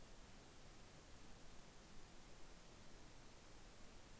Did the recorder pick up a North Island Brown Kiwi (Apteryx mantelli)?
no